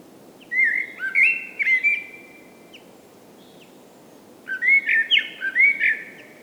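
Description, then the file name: Common blackbird song: two rich, fluty warbling phrases separated by a pause, mixing low whistles with high squeaky twitters. "Common Blackbird Turdus merula"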